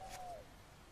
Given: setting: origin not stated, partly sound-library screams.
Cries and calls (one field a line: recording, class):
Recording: one-second piece from a danger detection set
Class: normal situation